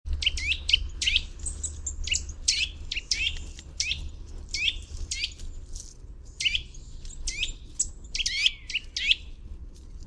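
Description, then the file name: Eurasian nuthatch giving quick, high, downslurred call notes in uneven bursts, some doubled, over a steady low background hum. "Sitta europaea"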